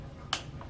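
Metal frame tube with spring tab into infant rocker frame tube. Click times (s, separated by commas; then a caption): 0.3 s. A metal frame tube with a spring push tab is pushed into its socket on the second side of a Fisher-Price Infant to Toddler Rocker frame tube. A sharp, bright snap at 0.3 s is followed by a fainter tick at about 0.6 s. The tab snaps in and the tube is seated.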